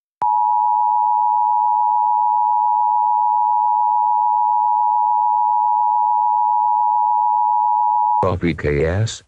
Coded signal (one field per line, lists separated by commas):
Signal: Emergency Alert System (SAME) tones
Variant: 853 and 960 Hz attention tone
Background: speech